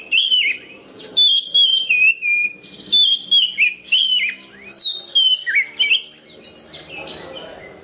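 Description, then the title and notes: Oriental magpie-robin singing a busy series of clear whistled notes and warbled slurs, pausing briefly near the end amid faint background hiss. "suara kacer. kumpulan suara burung kacer"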